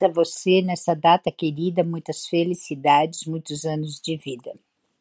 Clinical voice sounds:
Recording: short text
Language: Brazilian Portuguese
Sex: female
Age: 50 to 59 years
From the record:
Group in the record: control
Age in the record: 56 years

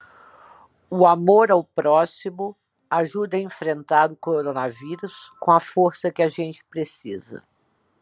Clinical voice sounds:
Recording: spoken sentence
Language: Brazilian Portuguese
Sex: female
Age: 50 to 59 years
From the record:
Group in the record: control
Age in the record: 59 years

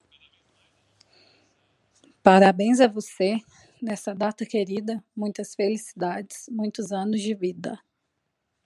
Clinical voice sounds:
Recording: short text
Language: Brazilian Portuguese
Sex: female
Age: 30 to 39 years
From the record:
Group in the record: control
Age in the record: 32 years

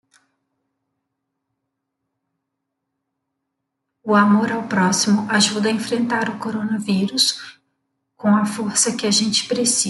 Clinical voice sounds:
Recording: spoken sentence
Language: Brazilian Portuguese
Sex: female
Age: 40 to 49 years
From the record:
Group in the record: control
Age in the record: 49 years

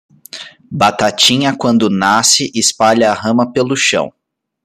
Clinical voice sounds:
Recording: short text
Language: Brazilian Portuguese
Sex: male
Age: 20 to 29 years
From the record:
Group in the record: control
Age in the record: 27 years

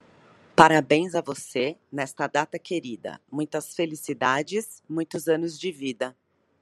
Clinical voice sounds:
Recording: short text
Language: Brazilian Portuguese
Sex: female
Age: 30 to 39 years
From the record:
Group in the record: control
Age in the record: 39 years

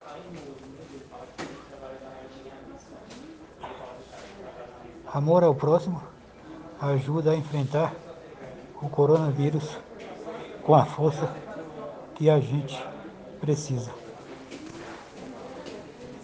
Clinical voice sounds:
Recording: spoken sentence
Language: Brazilian Portuguese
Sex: male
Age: 40 to 49 years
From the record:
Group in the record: respiratory insufficiency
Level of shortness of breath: 5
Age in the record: 41 years

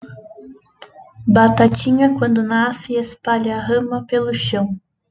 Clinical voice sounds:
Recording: short text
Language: Brazilian Portuguese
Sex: female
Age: 20 to 29 years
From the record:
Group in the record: control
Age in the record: 26 years

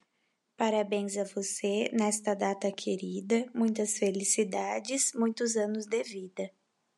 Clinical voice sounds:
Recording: short text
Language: Brazilian Portuguese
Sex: female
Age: 20 to 29 years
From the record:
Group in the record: control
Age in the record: 27 years

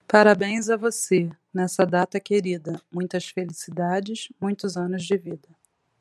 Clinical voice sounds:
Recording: short text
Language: Brazilian Portuguese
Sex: female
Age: 40 to 49 years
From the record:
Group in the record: control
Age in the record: 41 years

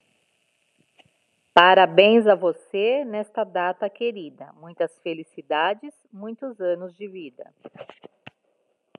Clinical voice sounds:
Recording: short text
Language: Brazilian Portuguese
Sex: female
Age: 40 to 49 years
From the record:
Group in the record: control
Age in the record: 47 years

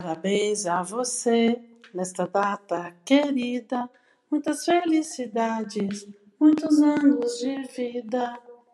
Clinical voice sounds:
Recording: short text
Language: Brazilian Portuguese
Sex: female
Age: 50 to 59 years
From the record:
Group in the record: control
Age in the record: 56 years

